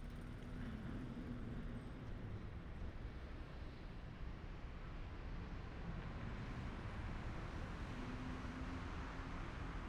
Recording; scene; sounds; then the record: everyday scene through a hearing-aid microphone; in traffic; traffic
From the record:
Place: main city hub, rush hour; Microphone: behind the ear, left, rear